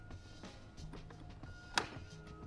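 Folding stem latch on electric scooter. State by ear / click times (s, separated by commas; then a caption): seated / 1.8 s. The stem of a Geofought M11 electric scooter is raised upright after the side lever is pressed to unlock the fold. Over a low background hum and a few faint knocks, a sharp click is heard at 1.8 seconds as the folding latch engages and locks the stem in place.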